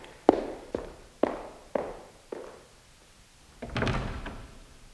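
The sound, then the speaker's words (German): Five steady footsteps of a man at an even pace, each a crisp tap fading slightly, then a brief pause before he shuts a door with a soft, muffled thud and rattle, without slamming it. No one speaks. “Er hat nicht mal die Tür geknallt.”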